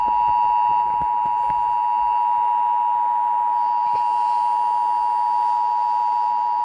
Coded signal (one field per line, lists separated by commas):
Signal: Emergency Alert System (SAME) tones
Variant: 853 and 960 Hz attention tone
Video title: EAS Scenario #29 - The Storm